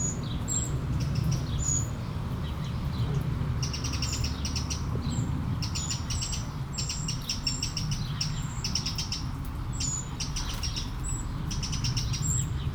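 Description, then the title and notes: Eurasian blackbird alternating long runs of rapid ticking notes with scattered thin high whistles, against a persistent low rumble of running water. One blackbird beside a small stream at Aveize, France, 12 July 2017; recorded with a DPA-2006c AB pair into a Mixpre-3. "Aveize, France - Merle - Blackbird. 20170712-Merle et ruisseau. Bord de ruisseau, un merle, quelques mouches, des avions au loin. Near a small river, a blackbird, a few flies, planes in the distance"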